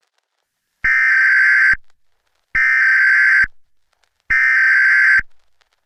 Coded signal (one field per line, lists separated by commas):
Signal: Emergency Alert System (SAME) tones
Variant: header bursts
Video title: Extraterrestrial (Alien Invasion EAS Scenario)